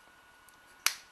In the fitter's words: there we go little click